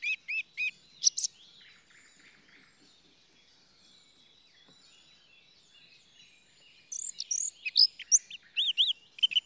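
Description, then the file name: Eurasian blackcap song, a few whistled notes at the start, a long quiet stretch with faint background, then a burst of rich fluty warbling. "Sylvia atricapilla"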